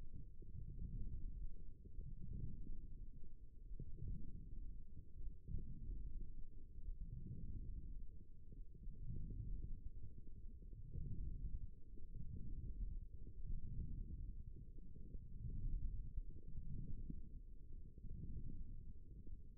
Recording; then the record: forearm muscle sounds (acoustic myography)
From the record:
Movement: forearm supination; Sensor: system 1, eight BSWA MPA416 microphones around the upper forearm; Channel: 1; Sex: female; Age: 22 years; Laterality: right